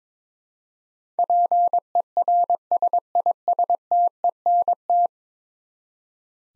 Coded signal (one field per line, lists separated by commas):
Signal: Morse code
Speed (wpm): 22 wpm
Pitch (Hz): 700 Hz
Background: none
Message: PERSISTENT